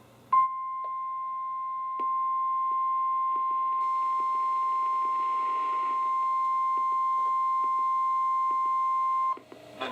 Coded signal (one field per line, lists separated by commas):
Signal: Emergency Alert System (SAME) tones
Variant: 1050 Hz attention tone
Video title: EAS #68-#75: A Few More | KHB36